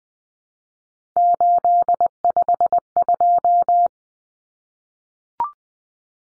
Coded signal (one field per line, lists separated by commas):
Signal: Morse code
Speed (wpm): 20 wpm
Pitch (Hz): 700 Hz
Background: none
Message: 852